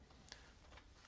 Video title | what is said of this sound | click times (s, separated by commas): Customizing Brynar Vael and Naraka Savage Crucible Con Debut Action Figures | Pops right into the sheath. | 0.3 s